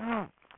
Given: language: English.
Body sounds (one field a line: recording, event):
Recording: throat vibration sensor signal played as sound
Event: throat clearing